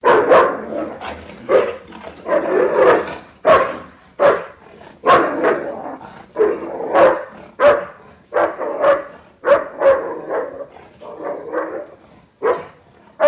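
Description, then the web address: Dog barking steadily in quick runs of sharp, hoarse barks, some doubled, continuing with brief pauses throughout. "Hund"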